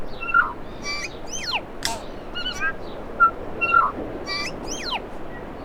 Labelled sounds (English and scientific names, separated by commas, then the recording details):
New Zealand Bellbird (Anthornis melanura) song
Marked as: Chortle_Ghh, Cheesy, CUVsqueak, Cough(clickCUV), Alarmy(twobitCUV+stutter+rightio), Pipe(E[6]+)
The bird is a male
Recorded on Cuvier Island, New Zealand, on 4 November 2016
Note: LongSeqRepClicksWheezeSyllable